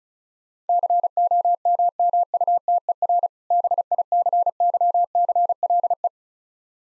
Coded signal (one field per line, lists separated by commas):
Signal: Morse code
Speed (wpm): 35 wpm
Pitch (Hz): 700 Hz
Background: none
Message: COMMUTER BICYCLE